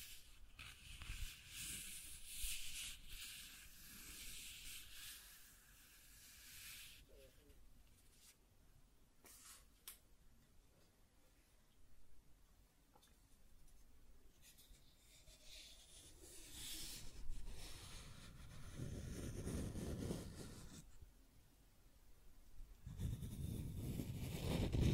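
Scratching and tracing sounds on a surface, coming in uneven strokes with hissy, bright scraping in the first seven seconds and again around 15 to 18 seconds. Quieter, sparse taps fill the middle, and heavier low rubbing bursts arrive near 19 and 23 seconds.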